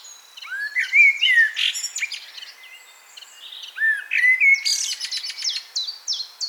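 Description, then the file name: Common blackbird singing two phrases, each a low fluty warble followed by a squeaky, high twittering flourish, with a short pause between them. "Turdus merula"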